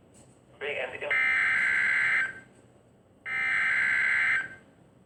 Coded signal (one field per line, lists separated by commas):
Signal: Emergency Alert System (SAME) tones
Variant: header bursts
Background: speech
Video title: b e e p | Required Weekly Tests (EAS #94-95)